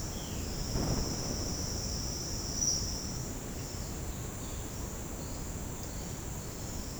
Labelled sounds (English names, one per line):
Violaceous Jay